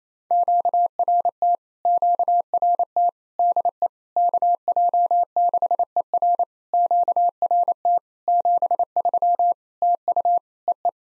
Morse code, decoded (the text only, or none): QRT QRT DE KJ6ER QRT 73 TU EE